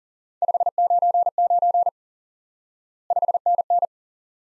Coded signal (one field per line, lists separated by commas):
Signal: Morse code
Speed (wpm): 40 wpm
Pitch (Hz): 700 Hz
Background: none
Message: 599 5NN